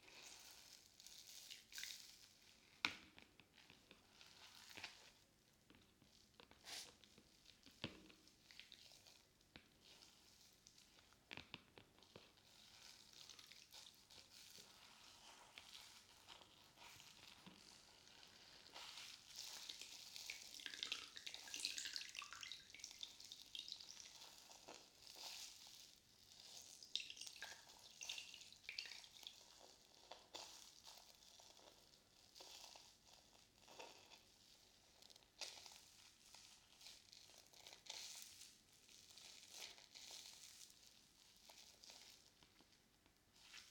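Wet sponge and soapy water sounds, a dense bright fizzing and squishing that runs throughout with small sharp clicks and splashes scattered at irregular moments. The squelching swells louder around twenty seconds and again near thirty-five, then eases back.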